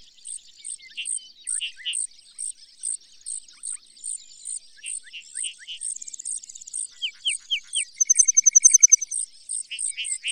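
Bird song of thin, high repeated chips about two per second, broken by short falling whistles and a fast rattling trill near the end.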